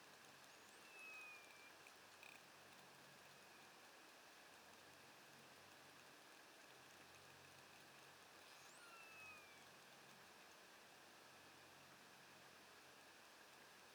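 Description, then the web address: Pilot whale whistles, faint thin sweeping tones near the start and again around nine seconds, heard over a steady hiss of underwater noise. Underwater in the Bahamas on 26 September 2005. "MOBYSOUND Pilot Whales Bahamas"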